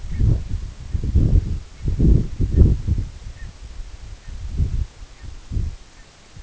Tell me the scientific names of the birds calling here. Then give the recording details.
Branta canadensis. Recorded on Arctic tundra, site EABA-1, on 24 June 2018. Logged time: 10:00